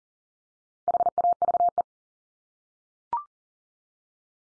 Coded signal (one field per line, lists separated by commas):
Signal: Morse code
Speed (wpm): 40 wpm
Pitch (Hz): 700 Hz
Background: none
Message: HAVE